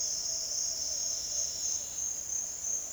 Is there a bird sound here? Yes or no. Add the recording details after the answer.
no. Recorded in secondary vegetation near Puerto Asís, Putumayo, Colombia, on 22 June 2025 at 08:30. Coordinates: 0.499, -76.323. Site G077